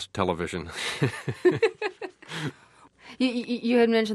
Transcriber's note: laughter